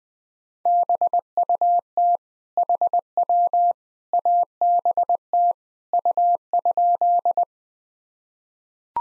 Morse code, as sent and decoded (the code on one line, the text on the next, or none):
-... ..- - / .... .-- / .- -... - / ..- ..--..
BUT HW ABT U?